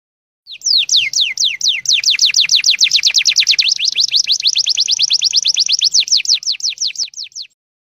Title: Suara Kolibri Ninja MERDU, JELAS DAN LANTANG